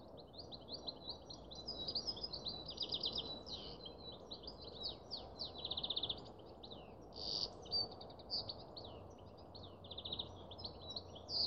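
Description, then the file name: Canary singing a long, continuous warble of high chirps, buzzy rolls and repeated trill phrases, with a steady low rumble underneath. "Canary Voice"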